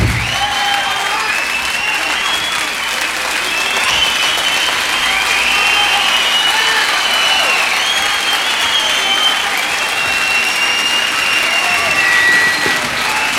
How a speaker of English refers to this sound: Let's have a really big background applause